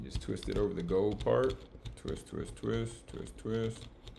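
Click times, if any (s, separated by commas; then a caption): none. A plastic mic clip is twisted onto the gold threaded part of a Samson Q2U handheld microphone while someone talks throughout. A couple of faint, short ticks come near the end. Nothing has seated or clicked yet; the clip is still being turned and has not locked onto the thread.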